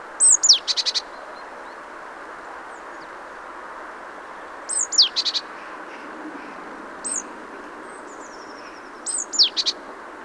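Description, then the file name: Great tit call bouts: high falling note then a quick series of dry ticks, several bouts spaced a few seconds apart over steady background noise. "Parus major"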